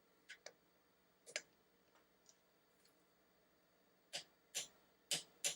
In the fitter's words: there you can hear that click and you can see it moving here